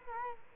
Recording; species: mosquito wingbeat signal from an infrared sensor; Culex quinquefasciatus